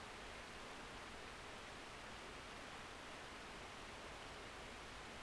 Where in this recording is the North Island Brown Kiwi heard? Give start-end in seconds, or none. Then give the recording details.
none. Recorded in New Zealand on 14 February 2013. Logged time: 02:13. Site DH65